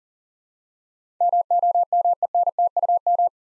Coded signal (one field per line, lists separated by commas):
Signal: Morse code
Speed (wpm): 40 wpm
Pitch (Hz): 700 Hz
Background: none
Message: MOMENTUM